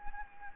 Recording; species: mosquito wingbeat signal from an infrared sensor; Anopheles gambiae